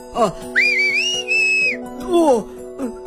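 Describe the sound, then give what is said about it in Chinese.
A person whistles a long, clear note that slides upward and holds steady, then a second tone glides downward, with short chirpy slides at the start and end and no talking. “哦，我想这没问题，你一吹口哨我就出来好吗？”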